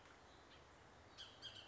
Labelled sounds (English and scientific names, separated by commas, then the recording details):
Bullock's Oriole (Icterus bullockii)
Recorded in Sonoma County, California